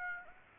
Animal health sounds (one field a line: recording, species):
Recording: mosquito wingbeat signal from an infrared sensor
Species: Aedes aegypti